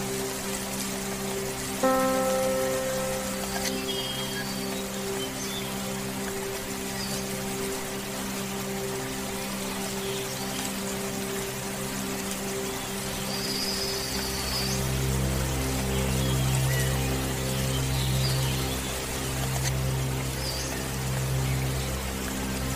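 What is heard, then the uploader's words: Steady rain hisses over soft, sustained meditation music with long held low tones. A bright chime-like note rings out near the two-second mark, and from about fourteen seconds a deep, distant rumble of thunder swells underneath and lingers to the end. Rain sounds for sleeping thunder. Meditation music, soothing rain sounds, and distant thunder.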